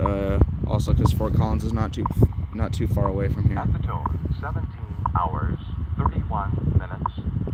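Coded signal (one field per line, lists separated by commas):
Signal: radio time signal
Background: speech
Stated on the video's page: Shortwave band signals heard after USAGM shortwave broadcasts ceased.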